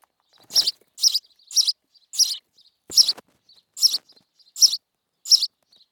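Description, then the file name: House sparrow giving a series of loud chirps with faint soft notes between. "Passer domesticus"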